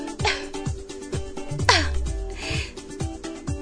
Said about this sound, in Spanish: ¡Rayos! ¡Tengo hipo!